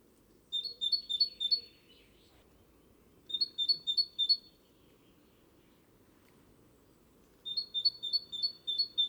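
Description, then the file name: Great tit song: three bursts of quick see-saw two-note phrases separated by pauses, over soft low background noise. "Parus major"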